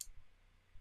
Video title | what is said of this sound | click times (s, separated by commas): Is This A Must Have Watercolor Set This Holiday Season? | click into place and then they kind of stay and they don't just fall out but they're very easy to | 0.0 s